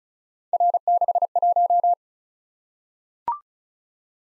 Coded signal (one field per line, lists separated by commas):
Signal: Morse code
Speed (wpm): 35 wpm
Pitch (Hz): 700 Hz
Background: none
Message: R61